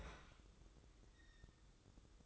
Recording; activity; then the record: daily activity, microphone in the room; open fridge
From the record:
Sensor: 3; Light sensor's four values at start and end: 19/55/23/20 and 19/55/23/20